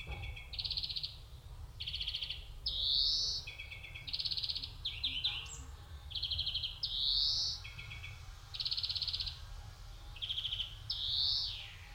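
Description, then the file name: European greenfinch song: buzzy rising wheezes interleaved with chattering trills at two pitches, cycling steadily throughout with low rumbling noise underneath. "Chloris chloris"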